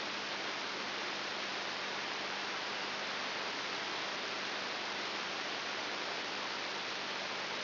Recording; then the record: brain microelectrode recording played as sound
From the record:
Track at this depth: inside the subthalamic nucleus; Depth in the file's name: 6.901 mm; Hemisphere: left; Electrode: 3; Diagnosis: Parkinson's disease